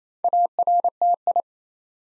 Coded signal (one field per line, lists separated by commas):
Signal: Morse code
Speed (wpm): 28 wpm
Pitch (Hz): 700 Hz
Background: none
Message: ARTI